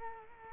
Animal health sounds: mosquito wingbeat signal from an infrared sensor; Culex quinquefasciatus

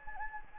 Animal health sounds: mosquito wingbeat signal from an infrared sensor; Anopheles gambiae

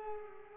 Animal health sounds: mosquito wingbeat signal from an infrared sensor; Culex pipiens

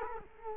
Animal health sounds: mosquito wingbeat signal from an infrared sensor; Culex quinquefasciatus

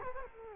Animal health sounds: mosquito wingbeat signal from an infrared sensor; Culex quinquefasciatus

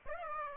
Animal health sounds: mosquito wingbeat signal from an infrared sensor; Aedes aegypti

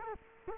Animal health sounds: mosquito wingbeat signal from an infrared sensor; Culex quinquefasciatus

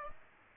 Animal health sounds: mosquito wingbeat signal from an infrared sensor; Aedes aegypti

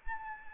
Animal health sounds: mosquito wingbeat signal from an infrared sensor; Anopheles arabiensis

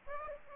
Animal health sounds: mosquito wingbeat signal from an infrared sensor; Aedes aegypti

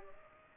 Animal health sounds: mosquito wingbeat signal from an infrared sensor; Culex pipiens

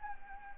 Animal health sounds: mosquito wingbeat signal from an infrared sensor; Anopheles arabiensis

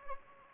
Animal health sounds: mosquito wingbeat signal from an infrared sensor; Anopheles gambiae

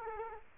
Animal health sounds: mosquito wingbeat signal from an infrared sensor; Culex quinquefasciatus

